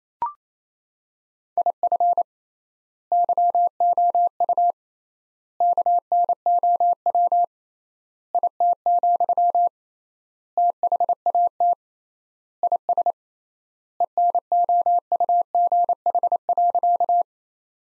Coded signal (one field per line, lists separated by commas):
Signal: Morse code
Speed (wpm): 27 wpm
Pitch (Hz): 700 Hz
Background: none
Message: IF YOU KNOW IT, THAT IS ENOUGH.